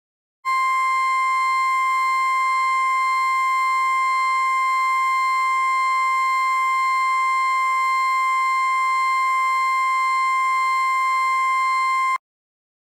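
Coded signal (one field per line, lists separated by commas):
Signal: Emergency Alert System (SAME) tones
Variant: 1050 Hz attention tone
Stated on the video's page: Fictional EAS alert concept for a sci-fi project.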